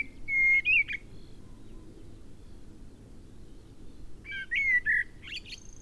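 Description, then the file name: Common blackbird singing a short, mellow whistled warble with a squeaky high flourish, then silence, then a second fluty phrase closing with a scratchy twitter. "Turdus merula"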